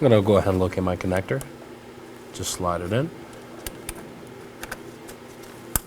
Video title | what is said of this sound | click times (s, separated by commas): How to Replace Transmission Mount 2018-2024 Chevrolet Equinox | Make sure you hear that click, and as for the tab, just push it in | 5.8 s